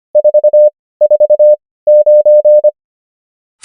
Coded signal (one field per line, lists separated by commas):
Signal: Morse code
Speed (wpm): 25 wpm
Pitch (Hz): 600 Hz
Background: none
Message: 449